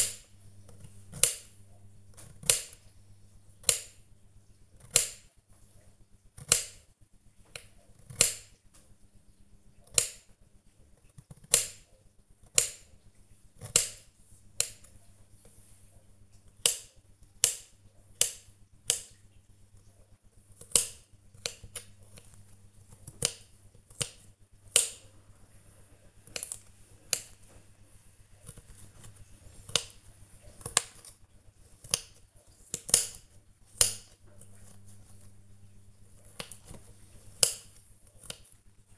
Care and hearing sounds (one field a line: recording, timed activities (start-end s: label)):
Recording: household activities, microphone on the right wrist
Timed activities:
0.00-38.98 s: cutting vegetables